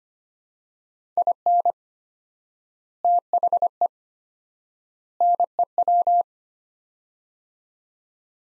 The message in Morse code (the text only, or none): IN THE NEW